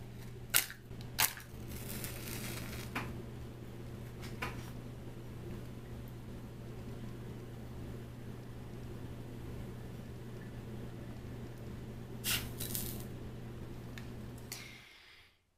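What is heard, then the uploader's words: Sharp taps and clicks from match and candle handling land in small clusters near the start and end over a constant low hum. Match Lighting Extinguishing. Tapping. Candles.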